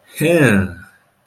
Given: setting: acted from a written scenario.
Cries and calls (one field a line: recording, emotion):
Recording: vocal sound without words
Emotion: pride